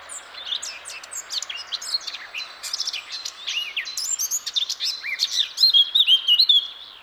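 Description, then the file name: Eurasian blackcap song: a rambling scratchy warble of quick varied notes, ending in a louder phrase of pure fluty whistles. "Sylvia atricapilla"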